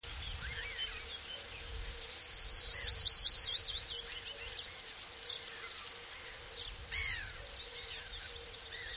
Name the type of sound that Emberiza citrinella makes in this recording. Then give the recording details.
song. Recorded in the wild. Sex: male. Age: adult. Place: Linum, Brandenburg, DE. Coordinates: 52.765, 12.87. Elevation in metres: 35. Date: 1999-04-25 14:51. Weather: heiter bis wolkig, ca. 17°C. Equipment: Sony MD-WM MZ-R3, Sennheiser MKH 416 T, Kopie Uher 4000 Report Monitor. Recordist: Tembrock, Günter. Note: Drei Strophen (ohne Schlußphrase), Teiche bei Linum